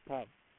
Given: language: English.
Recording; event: throat vibration sensor signal played as sound; speech